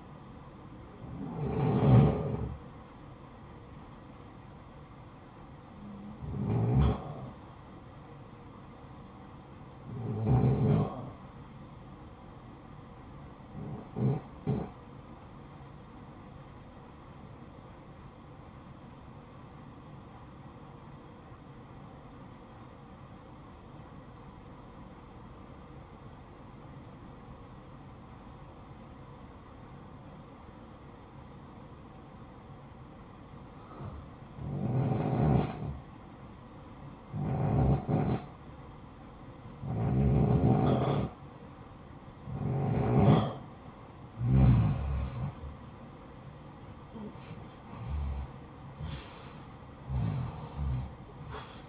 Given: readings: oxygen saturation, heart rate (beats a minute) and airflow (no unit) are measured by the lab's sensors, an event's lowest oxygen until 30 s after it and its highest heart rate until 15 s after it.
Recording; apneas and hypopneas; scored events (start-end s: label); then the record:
breathing in sleep by a smartphone at the bedside; 1
19.00-37.30 s: obstructive apnea (REM, oxygen 93% highest, then 83% lowest, heart rate 63 at the start, 71 highest)
From the record:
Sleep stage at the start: REM sleep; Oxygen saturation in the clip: 75 to 93%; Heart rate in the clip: 58 to 71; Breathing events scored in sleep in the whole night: 573 in 9.8 hours asleep